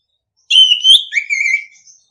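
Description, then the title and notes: Orange-headed thrush singing one clear, rich whistled phrase: a sustained rising note, then a lower wavering warble fading away. Training recording (masteran) in the singing style called ngeplong. "Anis Kembang 9. ANIS KEMBANG NGEPLONG. Masteran Anis Kembang"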